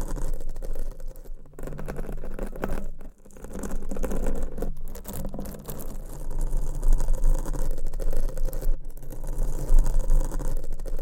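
Dense, continuous mic scratching fills the clip with a rough, crackling rumble that stays strong in the low end. Brief dropouts break it near 1.5, 3, 4.7 and 8.8 seconds, the one at 3 seconds nearly silent. The scraping resumes quickly after each gap.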